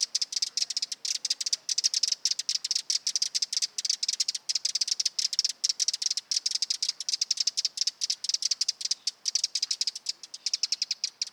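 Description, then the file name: Eurasian wren churring with a dense, fast train of dry clicks that continues without a real pause. "Troglodytes troglodytes"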